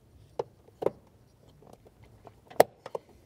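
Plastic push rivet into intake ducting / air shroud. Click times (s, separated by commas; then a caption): 2.6 s. A plastic push rivet is fed through the intake ducting / air shroud with long-reach pliers during an Eventuri intake upgrade on a 2015–2020 BMW F8X M3/M4 (F80 M3, F82 M4, S55 engine), then its head is pushed in. Light plastic taps and knocks at about 0.4 s and 0.9 s lead up to a sharp, loud click at 2.6 s, followed by a few softer ticks near 2.9–3.0 s. The rivet locks into place and is seated.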